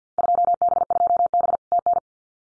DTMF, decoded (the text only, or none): none